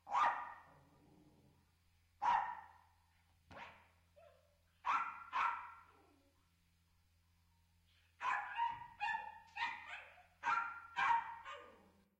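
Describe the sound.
Dog barking in sharp, separate woofs, single barks early on, then a quicker cluster of barks near the end; a low steady hum runs underneath.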